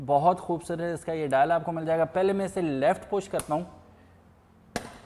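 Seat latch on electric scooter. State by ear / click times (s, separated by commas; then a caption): released / 4.8 s. Someone talks, then pushes the dial knob of a Metro E8S Pro electric scooter to the left to release its seat latch. A sharp click sounds at 4.8 s as the latch releases, and the white seat pops open over the storage compartment.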